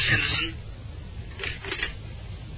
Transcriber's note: receiver being replaced